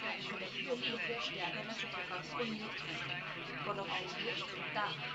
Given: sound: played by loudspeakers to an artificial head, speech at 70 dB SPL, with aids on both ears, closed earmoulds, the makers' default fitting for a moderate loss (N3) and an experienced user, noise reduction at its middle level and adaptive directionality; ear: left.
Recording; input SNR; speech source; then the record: speech test signal (ISTS) in cocktail-party noise; 0 dB; on the right (90 degrees)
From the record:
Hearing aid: class 1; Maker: F